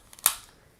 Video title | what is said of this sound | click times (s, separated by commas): Accsoon SeeMo - Turns an iPhone into a video monitor/recorder | until it snaps into place and then when you set the phone on there and push it in | 0.3 s